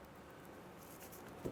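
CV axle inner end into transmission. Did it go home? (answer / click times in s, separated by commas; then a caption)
no / none. The inner end of a CV axle on a 2005–2010 Chevrolet Cobalt is slid up into the transmission and twisted until its splines line up with the splines inside the transmission. Quiet, steady patter-like handling noise is heard, with a brief low thump near 1.5 s. Nothing has seated or clicked yet.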